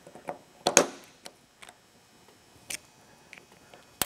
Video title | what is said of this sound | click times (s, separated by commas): How to Bleed ATV Brakes and Rebuild a Rear Master Cylinder - Partzilla.com | That was the snap we were waiting for. | 0.8 s